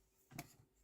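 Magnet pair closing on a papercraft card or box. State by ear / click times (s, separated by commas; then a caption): not seated / none. During card making, a magnetic closure with magnets set into the card or paper of a papercraft card or box is handled and brought together. A short soft rustle rises around 0.3 s, peaks near 0.4 s and fades out with a faint tap near 0.6 s. Nothing has seated or snapped shut yet.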